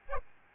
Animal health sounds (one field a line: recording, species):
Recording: mosquito wingbeat signal from an infrared sensor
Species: Aedes albopictus